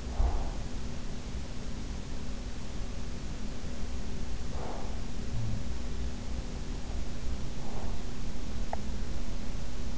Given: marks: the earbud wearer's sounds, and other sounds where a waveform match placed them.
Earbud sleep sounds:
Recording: sounds in sleep by an in-ear microphone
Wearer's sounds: breath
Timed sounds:
0.00-0.86 s: breath
4.35-5.15 s: breath

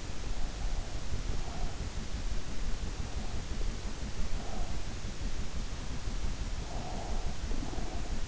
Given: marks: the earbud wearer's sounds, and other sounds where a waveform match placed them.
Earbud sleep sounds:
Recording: sounds in sleep by an in-ear microphone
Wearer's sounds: breath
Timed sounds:
0.52-1.82 s: breath
3.02-5.03 s: breath
6.53-8.28 s: breath

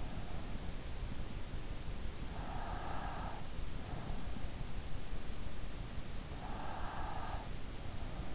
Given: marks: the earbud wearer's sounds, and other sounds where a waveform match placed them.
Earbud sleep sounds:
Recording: sounds in sleep by an in-ear microphone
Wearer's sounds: breath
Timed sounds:
2.28-4.64 s: breath
6.56-7.82 s: breath

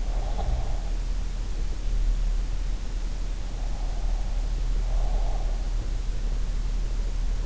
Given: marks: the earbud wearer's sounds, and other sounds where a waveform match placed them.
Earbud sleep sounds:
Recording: sounds in sleep by an in-ear microphone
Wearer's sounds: breath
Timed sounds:
0.00-0.90 s: breath
3.57-5.54 s: breath

